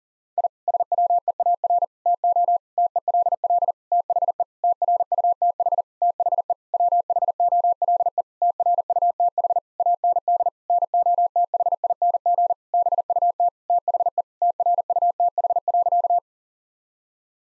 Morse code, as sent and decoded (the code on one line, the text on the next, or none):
.. / ... .-- . .- .-. / - --- / - . .-.. .-.. / - .... . / - .-. ..- - .... / - .... . / .-- .... --- .-.. . / - .-. ..- - .... / .- -. -.. / -. --- - .... .. -. --. / -... ..- - / - .... . / - .-. ..- - .... .-.-.-
I SWEAR TO TELL THE TRUTH THE WHOLE TRUTH AND NOTHING BUT THE TRUTH.